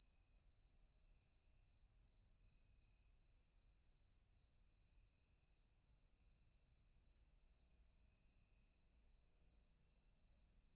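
Cricket producing an unbroken high trilling chirp with regular pulsing beats, set against faint low background noise.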